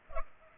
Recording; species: mosquito wingbeat signal from an infrared sensor; Culex pipiens